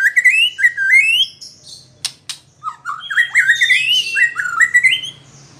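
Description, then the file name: White-rumped shama song with quick whistled trills sliding upward, two sharp clicks mid-way, then a jumble of varied warbled and scratchy phrases. Female bird. "murai batu betina"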